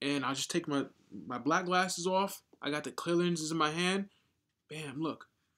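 A clear interchangeable plastic lens is handled near a ski goggle frame while someone talks over it, followed by a short sharp sound at the very end. The lens has not snapped into the frame yet, and nothing has seated or clicked.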